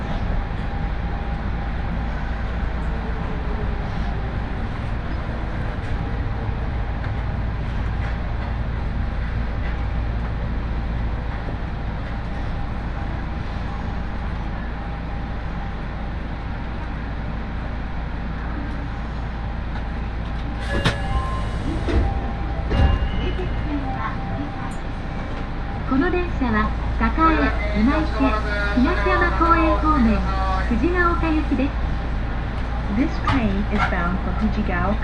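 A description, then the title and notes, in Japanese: A train ride on the Aonami and Higashiyama lines in Nagoya, with a steady low rumble and a thin whine running throughout. Around 21 seconds there are sharp clicks and rattles, and from about 26 seconds a voice speaks over the running train. 鉄道旅 あおなみ線・東山線 金城ふ頭→荒子・高畑→名古屋。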